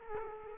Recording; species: mosquito wingbeat signal from an infrared sensor; Culex quinquefasciatus